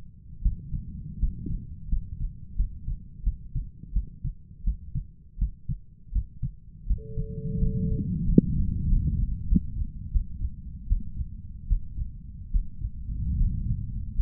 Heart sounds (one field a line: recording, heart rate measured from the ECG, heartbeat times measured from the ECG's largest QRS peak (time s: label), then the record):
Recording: heart sounds by stethoscope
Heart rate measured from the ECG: 83 bpm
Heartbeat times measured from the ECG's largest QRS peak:
0.42 s: heartbeat
1.19 s: heartbeat
1.89 s: heartbeat
2.56 s: heartbeat
3.24 s: heartbeat
3.93 s: heartbeat
4.64 s: heartbeat
5.38 s: heartbeat
6.12 s: heartbeat
6.87 s: heartbeat
7.58 s: heartbeat
8.25 s: heartbeat
8.87 s: heartbeat
9.47 s: heartbeat
10.11 s: heartbeat
10.87 s: heartbeat
11.67 s: heartbeat
12.51 s: heartbeat
13.36 s: heartbeat
14.14 s: heartbeat
From the record:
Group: healthy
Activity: rest 0-7 s, breath hold 7-14 s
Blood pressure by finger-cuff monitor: 124/70 mmHg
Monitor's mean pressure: 82 mmHg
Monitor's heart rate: 80 bpm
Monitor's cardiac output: 7.7 L/min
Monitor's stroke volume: 94 mL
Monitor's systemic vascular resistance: 770 dyn s/cm5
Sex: male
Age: 23 years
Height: 179 cm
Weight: 87 kg